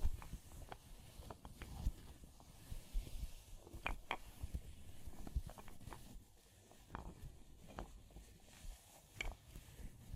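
Fire crackling with irregular sharp pops and snaps scattered throughout, some brighter clicks standing out near the second and fourth seconds and again around nine. Beneath them runs a low, rumbling bed that rises and falls unevenly, with soft tapping and scratching textures.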